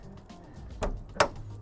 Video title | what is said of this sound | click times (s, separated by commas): Pretrip Series - Part 2 of 4 - Truck Exterior | and it snaps in place it should snap when you shut it all right | 1.2 s